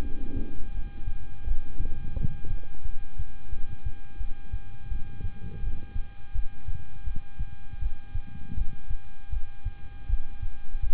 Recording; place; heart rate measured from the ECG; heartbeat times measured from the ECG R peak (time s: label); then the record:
heart sounds by stethoscope; between the tricuspid and mitral areas; 83 bpm
0.00 s: heartbeat
0.72 s: heartbeat
1.44 s: heartbeat
2.14 s: heartbeat
2.83 s: heartbeat
3.50 s: heartbeat
4.18 s: heartbeat
4.88 s: heartbeat
5.60 s: heartbeat
6.32 s: heartbeat
7.04 s: heartbeat
7.79 s: heartbeat
8.54 s: heartbeat
9.30 s: heartbeat
10.06 s: heartbeat
10.80 s: heartbeat
From the record:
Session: rest, lying down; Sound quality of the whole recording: good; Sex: male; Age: 26 years